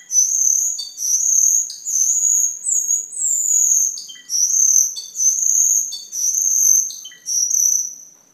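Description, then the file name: Camperling singing clear, high whistled phrases repeated about once a second, each a sustained bright note with short chips in between. "camperling omkicau"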